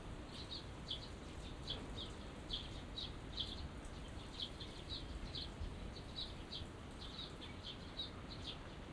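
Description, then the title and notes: Small birds chirping, short high notes repeated throughout, over a steady low rumble of background noise. Small birds singing in a small garden in a corner of Yushima Tenjin shrine, Tokyo, surrounded by buildings, recorded after rain with binaural microphones. "小鳥のさえずり、雨上がりの庭園にて（Binaural）- Birds singing in the garden. 湯島天神の片隅にある小さな庭園で録音しました。"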